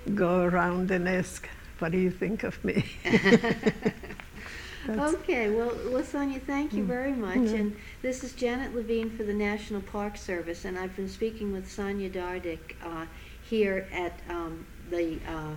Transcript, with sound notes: go around and ask, "What do you think of me?" ( they laugh )
Okay. Well, Sonja, thank you very much, and this is Janet Levine for the National Park Service, and I've been speaking with Sonja Dardik here at The